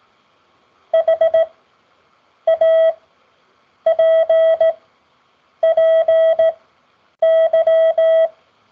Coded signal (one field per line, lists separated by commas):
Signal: Morse code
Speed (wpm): 17 wpm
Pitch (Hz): 650 Hz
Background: none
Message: HAPPY